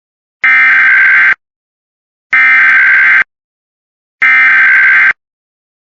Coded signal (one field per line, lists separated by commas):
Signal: Emergency Alert System (SAME) tones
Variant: header bursts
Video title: Texas amber alert for 2 children EAS #39